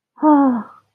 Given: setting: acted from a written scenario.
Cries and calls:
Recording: vocal sound without words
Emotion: romantic love

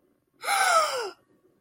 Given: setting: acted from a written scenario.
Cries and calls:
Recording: vocal sound without words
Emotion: fear

